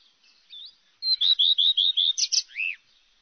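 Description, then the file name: Common redstart song: a soft faint note, then a clear high lead note, five evenly repeated whistles, a harsh scratchy burst and a lower arched note at the end. "rouge queue a front blanc"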